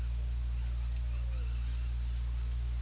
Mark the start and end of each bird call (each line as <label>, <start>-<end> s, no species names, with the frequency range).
bird call (1.0-5.6 kHz), 0.39-1.77 s